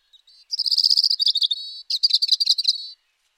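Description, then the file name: European robin song phrase: thin high notes leading into two dense, buzzy trills with a pause between them, all high-pitched and clean. "Erithacus rubecula"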